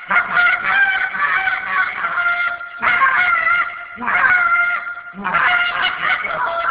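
Goose calls: harsh, drawn-out honks in four long bursts, each a blaring nasal note with hoarse edges.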